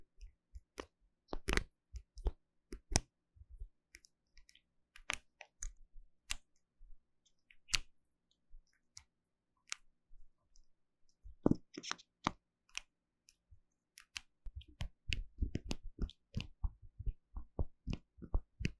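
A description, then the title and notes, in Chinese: Bottles and jars are tapped and their caps clicked, with sharp irregular taps that grow busier near the end. ASMR 瓶瓶罐罐觸發與瓶蓋聲 | Bottle Caps Sounds for Relaxation & Sleep | NO Talking。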